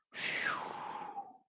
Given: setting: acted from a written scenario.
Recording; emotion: vocal sound without words; relief